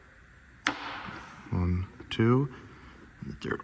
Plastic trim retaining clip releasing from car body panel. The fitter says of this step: I'm just going to put it behind and you hear that click